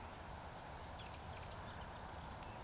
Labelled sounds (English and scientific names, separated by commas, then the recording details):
Eurasian Woodcock (Scolopax rusticola) whistle
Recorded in Baden-Württemberg, Germany, on 26 June 2021 at 19:56 UTC
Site 45499, 200 m above sea level